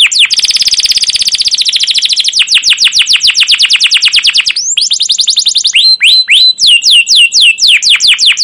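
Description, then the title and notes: Canary song starting with a dense rapid trill, followed by quick slurred chirps and then slower hooked whistles repeated several times a second. Caged canary song used as a lure and tutor to teach young canaries, described as long, continuous and energetic chirping. "CUIT CUIT NGEROL LANGSUNG GACOR PANJANG Kenari Ini AMPUH Utk Pancingan KENAR. PANCINGAN Kenari GACOR PANJANG Cuit CUIT EMOSI ini AMPUH utk MASTERAN Kenari PAUD belajar BUNYI. burung kenari"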